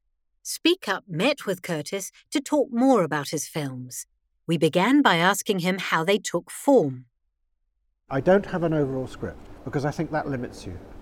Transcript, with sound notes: Speak Up met with Curtis to talk more about his films. We began by asking him how his films took form.
(English accent) I don’t have an overall script because I think that limits you.